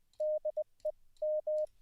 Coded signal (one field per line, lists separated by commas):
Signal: Morse code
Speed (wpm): 19 wpm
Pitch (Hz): 620 Hz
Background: none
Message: DEM